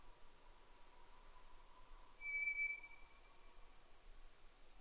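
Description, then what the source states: White's thrush song: a single long, level, thin whistle lasting about one second, unchanging in pitch, heard against a soft steady hum. At night, 22:35, 11 June 2011.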